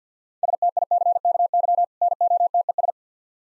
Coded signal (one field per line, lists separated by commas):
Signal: Morse code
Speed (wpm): 50 wpm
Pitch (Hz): 700 Hz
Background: none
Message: STICKY NOTES